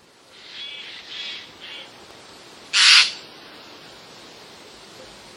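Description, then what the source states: Eurasian jay: three faint, hoarse notes at first, then one loud, abrupt rasping screech, with quiet background between. Alarm cries recorded on 21 August 2011.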